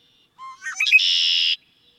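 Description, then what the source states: Red-winged Blackbird song: a short low whistled note, a quick jumble of rising and falling notes, then a long, even, buzzy trill that stops abruptly. Song described as the most complicated in the world, with high pitches and low notes, then it smooths out and kicks up again.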